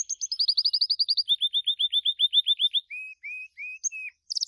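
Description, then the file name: Gloster canary song of quick repeated chirps that step down in pitch, followed by a few slower whistled notes and a brief high burst. "canto do canario gloster"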